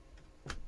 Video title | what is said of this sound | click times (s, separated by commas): DREMEL 3000 STOP WORKING REPAIR | then just clicks in place | 0.5 s